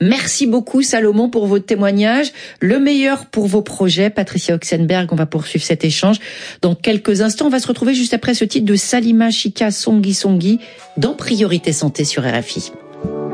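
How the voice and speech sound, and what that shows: A woman speaks fluent, clear French in a steady, well-pitched broadcast voice. She thanks a guest and introduces the next song. Her pacing and articulation are ordinary, with no repeats, blocks or strain, so this is normal speech. Music begins faintly at the very end.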